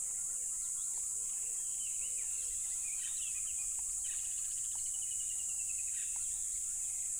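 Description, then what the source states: Crickets in a loud, unbroken high-pitched chorus, with bird whistles and chirps over it and short low notes early on. Loud crickets at a tropical river.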